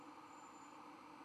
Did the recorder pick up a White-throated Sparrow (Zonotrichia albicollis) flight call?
no